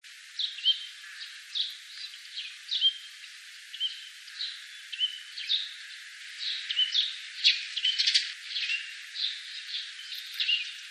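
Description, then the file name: Eurasian tree sparrow calls, repeated short sharp chirps over a soft background of further chattering. "suzume"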